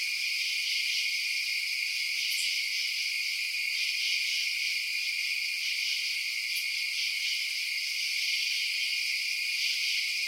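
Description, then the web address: Insects in a steady, dense chorus of high buzzing and trilling, unbroken throughout, with two brief sharp chirps rising above it. Night insect ambience outdoors at night. "Sound Effects-Blast Wave Update 3 Night Insects"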